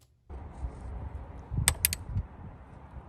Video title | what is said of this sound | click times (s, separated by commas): Lexivon 1/2 Inch Drive Torque Wrench Review (2024) | So here's a quick demo of me using this thing, and so you can hear the click mechanism as well when I torque down a oil filter cap on my BMW. | 1.7 s, 1.8 s